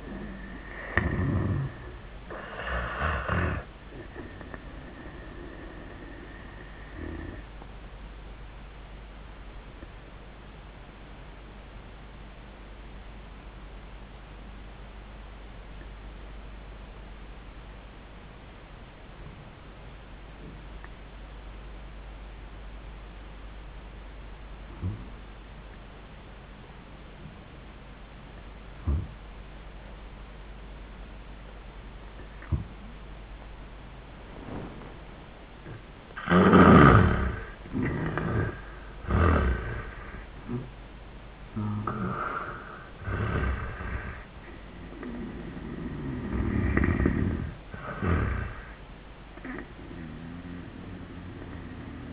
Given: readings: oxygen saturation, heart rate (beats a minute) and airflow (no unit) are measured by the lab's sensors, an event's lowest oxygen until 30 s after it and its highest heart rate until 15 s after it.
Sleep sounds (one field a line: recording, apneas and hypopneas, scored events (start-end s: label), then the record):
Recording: breathing in sleep by a voice recorder at the bedside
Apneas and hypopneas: 1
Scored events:
5.00-37.60 s: obstructive apnea (N1, oxygen 97% highest, then 76% lowest, heart rate 96 at the start, 99 highest)
From the record:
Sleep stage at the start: N1 (lightest sleep)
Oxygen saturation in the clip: 76 to 97%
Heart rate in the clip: 77 to 99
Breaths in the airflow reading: 5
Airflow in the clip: -18.7 to 9.7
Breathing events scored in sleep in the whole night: 400 in 8.7 hours asleep